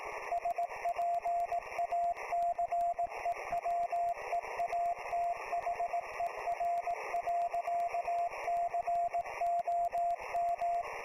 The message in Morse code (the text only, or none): SPACEWEATHER.COM